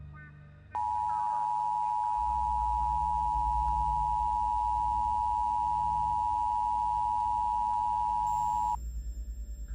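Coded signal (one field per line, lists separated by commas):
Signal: Emergency Alert System (SAME) tones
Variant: 853 and 960 Hz attention tone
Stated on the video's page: Emergency alert forming part of a fictional SCP audio drama.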